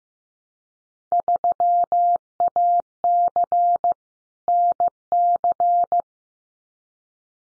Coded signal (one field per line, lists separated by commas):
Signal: Morse code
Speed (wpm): 15 wpm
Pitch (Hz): 700 Hz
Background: none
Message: 3AC NC